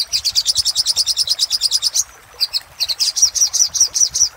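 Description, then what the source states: Little spiderhunter singing a fast chain of high, clipped notes, breaking off briefly after two seconds, then resuming with stronger, slightly slower notes. Singing used as a master (masteran) for training cage birds.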